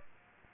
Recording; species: mosquito wingbeat signal from an infrared sensor; Aedes aegypti